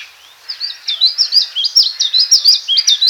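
Siberian chiffchaff song: a quick run of high, sweet chirping notes that jump up and down, starting after half a second and continuing steadily to the end.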